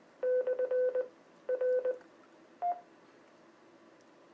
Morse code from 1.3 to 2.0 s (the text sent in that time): R